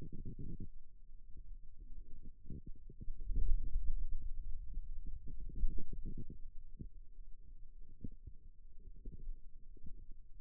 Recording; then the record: forearm muscle sounds (acoustic myography)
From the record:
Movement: ulnar deviation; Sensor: system 2, bracelet of six BSWA MPA416 microphones around the upper forearm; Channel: 5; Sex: male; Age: 22 years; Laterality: right